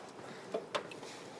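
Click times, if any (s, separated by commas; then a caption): 0.8 s. A distributor rotor on a Jeep that has been parked for years is indexed and pushed onto the distributor shaft, since it only goes on one way. A few faint ticks are heard, with the loudest, sharp click at about 0.8 s as the rotor seats in place.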